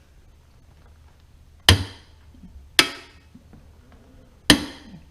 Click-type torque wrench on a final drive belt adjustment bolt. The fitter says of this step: here we go we're gonna listen for a click okay